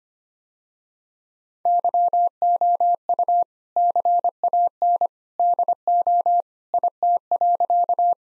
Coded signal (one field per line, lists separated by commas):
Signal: Morse code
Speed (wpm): 25 wpm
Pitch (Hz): 700 Hz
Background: none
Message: YOU CAN DO IT.